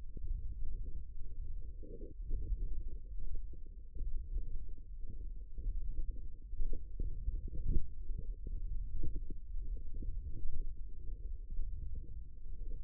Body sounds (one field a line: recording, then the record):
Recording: forearm muscle sounds (acoustic myography)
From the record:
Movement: wrist extension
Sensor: system 1, eight BSWA MPA416 microphones around the upper forearm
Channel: 6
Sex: female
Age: 21 years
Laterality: right